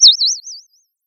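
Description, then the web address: Bird tweet: one high, smooth whistle wavering up and down in several quick undulations, fading out in under a second. "Sound of a bird tweeting nicely"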